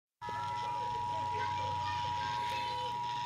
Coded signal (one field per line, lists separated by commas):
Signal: Emergency Alert System (SAME) tones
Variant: 853 and 960 Hz attention tone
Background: speech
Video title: Maryland Required Monthly Test (EAS #62-68)